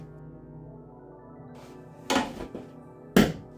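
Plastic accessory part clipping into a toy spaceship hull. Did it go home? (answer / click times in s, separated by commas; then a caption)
yes / 3.2 s. A plastic accessory part is pressed into its slot on the hull of a Star Wars Vintage Collection HASLAB Razor Crest toy spaceship from The Mandalorian, pushed down on the floor for leverage, while soft music plays underneath. A dull thunk sounds at about 2.1 s, then a sharp, louder snap at 3.2 s as the part clicks firmly into place.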